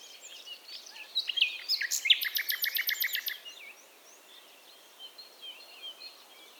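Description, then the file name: Common nightingale singing a loud phrase of sharp whistles and a fast, even series of repeated notes, followed by softer chirps. "Luscinia megarhynchos"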